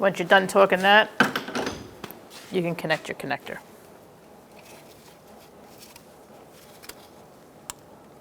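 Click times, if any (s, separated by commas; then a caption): 7.7 s. Someone talks, then a wiring harness electrical connector is pushed onto a new ignition coil on a 2012-2019 Fiat 500 1.4L L4 after quiet handling sounds. A sharp click at 7.7 s marks the connector seating home on the coil.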